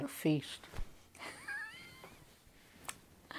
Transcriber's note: laughs